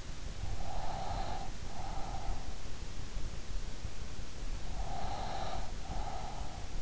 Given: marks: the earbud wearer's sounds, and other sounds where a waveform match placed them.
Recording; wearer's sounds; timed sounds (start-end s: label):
sounds in sleep by an in-ear microphone; breath
0.51-2.64 s: breath
4.76-6.82 s: breath